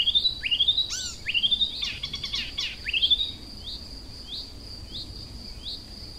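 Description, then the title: Icterine warbler song opening with loud rising whistled notes and a harsh rasping burst, then softer repeated chirps, over a persistent high-pitched tone. Kirchdorf, Germany. "Kirchdorf, Deutschland - Gelbspötter"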